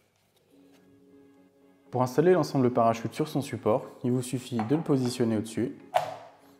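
A Kronos I3 PRS/FTS parachute assembly for a DJI Inspire 3 drone is set on its aluminium support and given a quarter turn into the quarter-turn mount, while someone talks over a faint steady tone. A single sharp click at 6.0 s marks the mount locking, and the parachute assembly is seated.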